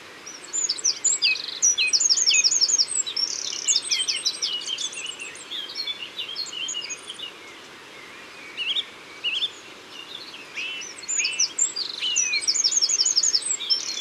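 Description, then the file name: Eurasian wren giving fast, high trilled song bursts near the start and end, with a pause between, set against a lively multi-bird chorus. Recorded in Isère. "Troglodyte-mignon Isere Studio-Les-Trois-Becs"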